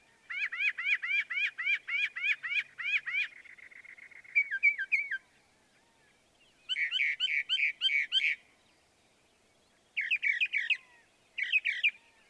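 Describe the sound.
Northern mockingbird song: a fast run of repeated rising notes, then a buzzy trill, a pause, and new phrase types each repeated several times in bursts.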